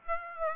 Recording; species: mosquito wingbeat signal from an infrared sensor; Aedes aegypti